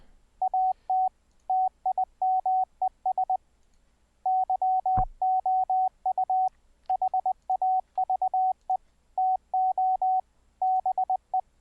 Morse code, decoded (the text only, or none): AT TIMES YOU HAVE TO BE